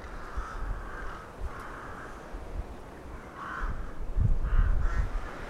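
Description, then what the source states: Crows calling, drawn-out hoarse caws at first, then shorter ones, while low rumbling noise swells in the second half. Several crows recorded in Hernals, Vienna, in December 2021.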